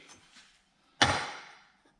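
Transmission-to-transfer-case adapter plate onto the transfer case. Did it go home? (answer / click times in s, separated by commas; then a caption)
yes / 1.0 s. A metal 4L80-to-NP208 transmission-to-transfer-case adapter plate is test-fitted onto the transfer case without its gasket. After faint low rustling, a single sharp hit rings out at 1.0 s and decays over about half a second as the plate clicks into place, seated.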